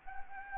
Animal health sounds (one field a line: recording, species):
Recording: mosquito wingbeat signal from an infrared sensor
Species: Anopheles gambiae